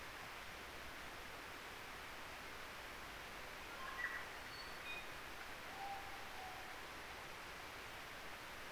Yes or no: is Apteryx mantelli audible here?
no